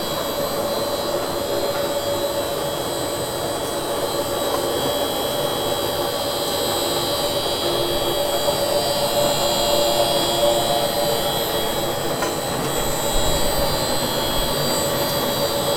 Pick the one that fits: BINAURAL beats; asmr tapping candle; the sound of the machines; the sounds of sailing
the sound of the machines